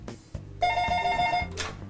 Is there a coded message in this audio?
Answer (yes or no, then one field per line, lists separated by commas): no